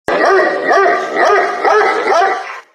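Dog yelping in one unbroken run of several rising-falling yelps, lasting under three seconds.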